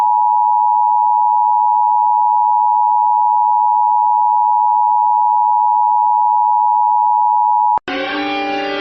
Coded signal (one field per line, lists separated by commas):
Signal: Emergency Alert System (SAME) tones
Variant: 853 and 960 Hz attention tone